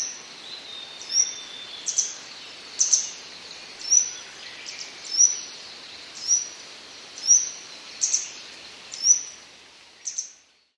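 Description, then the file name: Grey wagtail calling: thin, sharp, very high notes repeated about once a second over a steady rushing hiss. "kisekirei"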